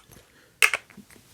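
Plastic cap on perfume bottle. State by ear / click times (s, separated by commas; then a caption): not seated / none. Plastic caps are put back onto two perfume bottles, and neither cap snaps or clicks into place; one sits more snugly than the other. Quiet plastic taps are followed by two sharper knocks at about 0.6 and 0.7 seconds and a few faint taps after. Nothing has seated or clicked.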